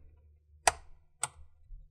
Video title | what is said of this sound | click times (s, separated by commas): Hp Pavilion Dv6000 Ram Upgrade | much you have to just rotate until you hear a click. | 0.7 s